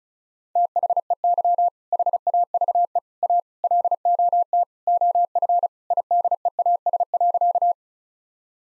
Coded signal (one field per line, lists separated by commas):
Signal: Morse code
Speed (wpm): 36 wpm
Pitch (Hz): 700 Hz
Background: none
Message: THEY HAVE A LOT OF IDEAS.